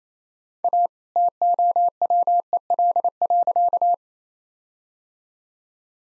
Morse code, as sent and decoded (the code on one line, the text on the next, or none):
.- / - --- .-- . .-.. .-.-.-
A TOWEL.